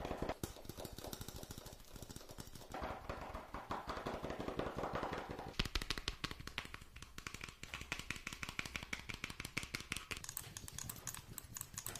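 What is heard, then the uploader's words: Fast tapping runs continuously for the whole twelve seconds, a dense, rapid rattle of sharp clicks. The tone shifts partway through, brighter and crisper from about six seconds on, while the pace stays quick and busy throughout. Fast Tapping Deluxe Edition [Binaural Eargasm].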